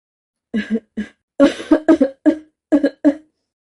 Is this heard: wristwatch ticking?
no